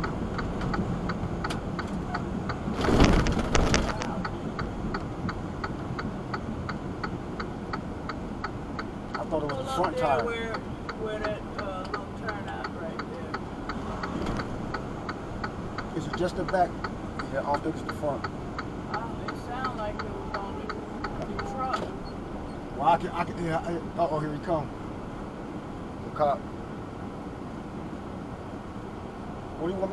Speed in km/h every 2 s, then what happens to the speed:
42, 32, 29, 27, 21, 19, 18, 16, 15, 13, 10, 8, 8, 8, 5.
0-21 slows to 8. 21-26 steady at about 8.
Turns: none.